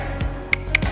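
A torque wrench tightens a structural bolt on an elevator frame again after an earlier missed click, over background music. Two sharp, bright clicks ring out at about 0.5 s and 0.8 s, with duller thumps around them. The wrench clicks at its setting, confirming the bolt is torqued.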